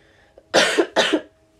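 Two quick, harsh coughs in a row from an adult woman, each with a brief double push of air.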